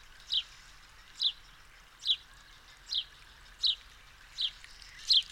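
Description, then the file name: House sparrow calling with a regular series of sharp downslurred chirps against a soft hiss of background noise. "Passer domesticus"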